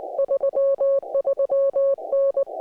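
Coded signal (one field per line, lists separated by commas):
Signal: Morse code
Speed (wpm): 20 wpm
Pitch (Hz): 550 Hz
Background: music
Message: 33N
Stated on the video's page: QRP Parks on the Air activation during a G2 geomagnetic storm with poor conditions, Yaesu FT-891 and compromise Gabil 7350TC antenna.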